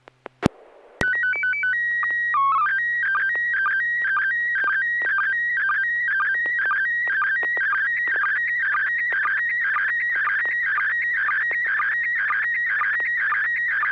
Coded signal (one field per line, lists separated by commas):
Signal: SSTV (slow-scan television)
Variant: PD 120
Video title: N6NA SSTV Net - 03/19/2025